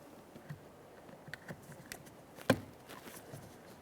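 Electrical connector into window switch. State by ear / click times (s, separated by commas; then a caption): seated / 2.5 s. An electrical connector is pressed onto the plastic window switch of a 2012-2015 Honda Civic 1.8L L4 rear door. After a few faint ticks, a sharp click sounds at 2.5 s as the connector seats. A light tug confirms it is secured.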